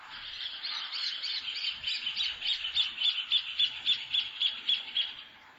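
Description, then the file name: Rufous hornero giving a long run of shrill, ringing notes, packed tightly at first, then slowing into distinct, evenly spaced high calls before fading. "Furnarius rufus"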